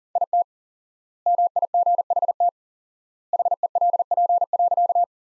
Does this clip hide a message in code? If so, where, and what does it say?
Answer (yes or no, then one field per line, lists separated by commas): yes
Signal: Morse code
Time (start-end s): 0.2-5.0 s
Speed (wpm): 37 wpm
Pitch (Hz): 700 Hz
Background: none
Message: IT MIGHT HELP.